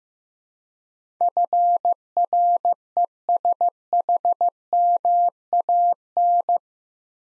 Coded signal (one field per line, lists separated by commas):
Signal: Morse code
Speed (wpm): 15 wpm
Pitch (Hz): 700 Hz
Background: none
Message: FRESHMAN